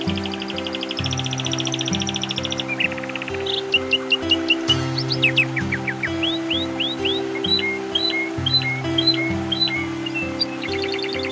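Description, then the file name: Canary with a long rapid trill, then varied sharp upswept whistles and short rattled series, over continuous low steady tones. Canary song mixed with nature sounds. "suara kenari dan suara alam"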